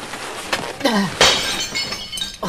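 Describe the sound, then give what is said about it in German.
A ceramic vase, being taken down from a shelf, falls and shatters with a loud crash, followed by a scatter of tinkling shards and several smaller clinks as the pieces settle. “Schnell helft mir, die Scherben aufzusammeln.”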